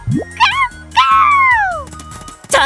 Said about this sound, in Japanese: ワンワンワンワンワン、ほらぷよぷよだよ。取ってこい。